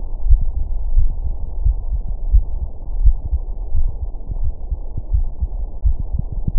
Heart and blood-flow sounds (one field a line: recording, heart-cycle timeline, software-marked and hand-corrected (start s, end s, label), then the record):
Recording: heart sounds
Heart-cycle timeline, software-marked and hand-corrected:
0.00	0.26	diastole
0.26	0.40	S1
0.40	0.56	systole
0.56	0.66	S2
0.66	0.94	diastole
0.94	1.10	S1
1.10	1.24	systole
1.24	1.34	S2
1.34	1.62	diastole
1.62	1.76	S1
1.76	1.90	systole
1.90	2.00	S2
2.00	2.28	diastole
2.28	2.44	S1
2.44	2.60	systole
2.60	2.68	S2
2.68	2.98	diastole
2.98	3.16	S1
3.16	3.32	systole
3.32	3.42	S2
3.42	3.74	diastole
3.74	3.86	S1
3.86	4.00	systole
4.00	4.08	S2
4.08	4.40	diastole
4.40	4.52	S1
4.52	4.70	systole
4.70	4.80	S2
4.80	5.12	diastole
5.12	5.26	S1
5.26	5.42	systole
5.42	5.50	S2
5.50	5.84	diastole
5.84	5.96	S1
5.96	6.12	systole
6.12	6.20	S2
6.20	6.56	diastole
6.56	6.59	S1
From the record:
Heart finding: coronary artery disease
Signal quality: good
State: rest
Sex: male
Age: 56 years